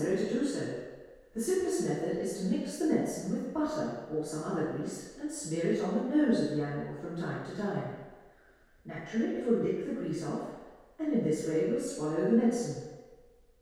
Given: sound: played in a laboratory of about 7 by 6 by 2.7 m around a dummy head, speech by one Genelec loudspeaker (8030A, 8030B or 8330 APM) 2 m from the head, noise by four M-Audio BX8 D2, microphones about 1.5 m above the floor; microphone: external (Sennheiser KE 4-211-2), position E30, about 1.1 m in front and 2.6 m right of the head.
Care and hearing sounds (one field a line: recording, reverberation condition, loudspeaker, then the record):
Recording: female speech in English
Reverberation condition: high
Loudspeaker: 120 degrees to the right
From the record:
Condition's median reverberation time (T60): about 1300 ms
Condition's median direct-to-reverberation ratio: about -4.0 dB